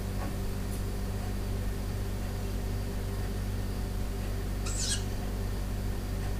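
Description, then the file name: Owl call, a single brief high-pitched squeaky note near the end, over a constant low electrical hum. Owl heard indoors near a fridge; dated 10 06 17; recorded on an MZ-N710. "Chouette pendule frigo 10 06 17"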